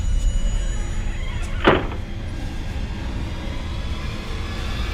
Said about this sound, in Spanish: la puerta se cierra estrepitosamente detrás de sí y Luis Armando se queda sumido en una completa oscuridad